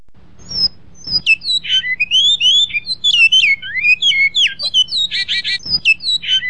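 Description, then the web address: Great-billed seed finch song, quick slurred whistles rising and falling, a couple of soft clicks at the start and a buzzy trill toward the end. Master song for training birds. "bicudario cantos maestro"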